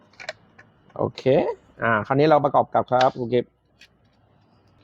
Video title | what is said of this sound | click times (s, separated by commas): CF64V Apresso เครื่องบด Single Dose EP.1 UNBOX & Caribrate Set ZERO | อ่าเข้าล็อคก่อนนะครับแล้วก็เหมือนเดิมนะฮะหาป่องตรงนี้ใส่เข้าไป | 0.3 s